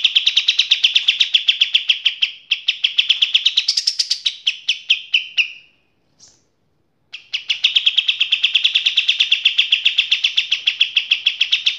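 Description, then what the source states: Kapas tembak singing rapid, chattering notes in long strings, lifting briefly to a higher phrase, then a gap before the fast repeated notes return. Training song for teaching cage birds to sing; described as a fine quality song.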